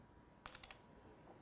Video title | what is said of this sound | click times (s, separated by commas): How to Make a Covered Button | place it on top and give that a little punch you can hear it click in | 0.5 s